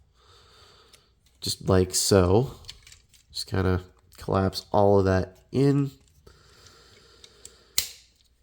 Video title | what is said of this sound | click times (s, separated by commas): Transformers Studio Series Leader Age of Extinction Optimus Prime Review. | until you hear it click. | 7.8 s